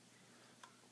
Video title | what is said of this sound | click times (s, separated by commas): Tascam DR-V1HD Unboxing - HD Video and Audio Recorder | it sort of snaps into place | 0.6 s